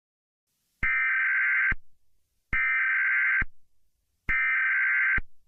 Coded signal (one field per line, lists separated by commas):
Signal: Emergency Alert System (SAME) tones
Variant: header bursts